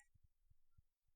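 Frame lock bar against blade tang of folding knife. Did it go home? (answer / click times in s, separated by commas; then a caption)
no / none. A titanium frame lock bar on a Qvist Bladeworks Variant PE V3 swayback framelock slipjoint folding knife is handled as the knife is opened, so the bar slides toward the flat of the blade tang. A faint high tick at the very start is followed by soft, low thumps at about 0.2, 0.3, 0.5, 0.8 and 1.1 seconds over a quiet background. The clip ends before the lock bar goes home, so nothing has seated or clicked yet.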